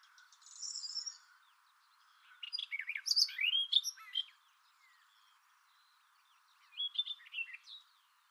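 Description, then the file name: Barred warbler song, a soft buzzy start, then a louder rapid scratchy warble, a pause, and a shorter final chattering burst. "karvalyposzata hangja"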